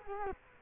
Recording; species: mosquito wingbeat signal from an infrared sensor; Culex quinquefasciatus